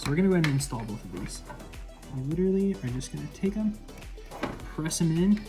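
Two CPU power cable plugs are handled at the sockets of a modular power supply while someone talks, with music playing underneath. A couple of brief sharp sounds occur around 4.4 and 4.6 seconds. The plugs have not seated or clicked yet.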